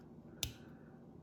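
A multitool implement is released from its lock in the multitool frame: the lock tab is pulled back and the implement comes out of its locked position. A single sharp click sounds at 0.4 s against quiet background, and the implement is unlocked.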